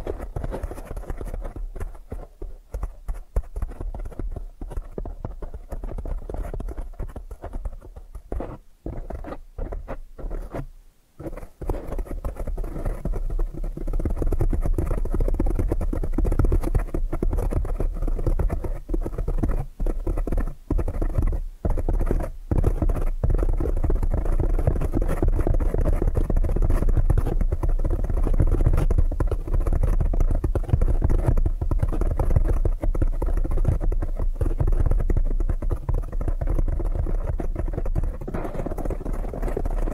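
Quick, dense tapping triggers run throughout, mostly low and muffled with a soft rustle underneath. The first ten seconds are choppier, with brief gaps and scattered sharp taps, then from about fourteen seconds the tapping becomes a steadier, fuller and slightly louder patter.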